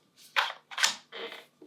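A short KWA gas magazine is handled at the magazine well of a Krytac Kriss Vector gas blowback airsoft rifle. Three broad scraping, rattling handling bursts come at about 0.2–0.6 s, 0.7–1.05 s and 1.1–1.5 s, followed by a faint knock at 1.6 s. The magazine has not seated or clicked yet.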